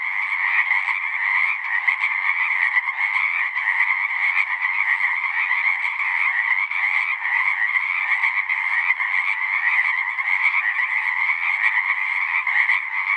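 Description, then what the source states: Pacific chorus frog chorus, countless calls overlapping into a continuous, pulsing raspy drone that holds at a steady level throughout. Full chorus after dusk; males giving advertisement calls to attract females.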